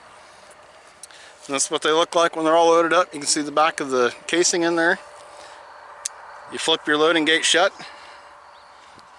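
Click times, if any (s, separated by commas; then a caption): none. Someone talks while handling a Ruger Wrangler .22 single-action revolver loaded with six rounds, with the loading gate being flipped shut, and a brief sharp tap is heard near 6.1 s. The steel cylinder has not yet been turned to index and lock into position in the frame, so nothing has seated or clicked yet.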